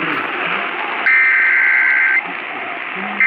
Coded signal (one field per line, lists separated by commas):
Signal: Emergency Alert System (SAME) tones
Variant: header bursts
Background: speech